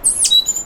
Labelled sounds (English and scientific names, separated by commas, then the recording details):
Stitchbird (Notiomystis cincta) song
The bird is a male
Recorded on Tiritiri Matangi Island, New Zealand, in 2005
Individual 9, of nest box 11